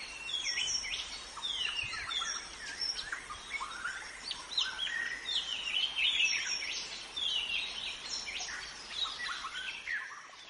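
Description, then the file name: White-rumped shama song, with dense, varied whistled and slurred phrases running almost continuously. Forest shama; recorded in forest. "suara muraibatu hutan omkicau"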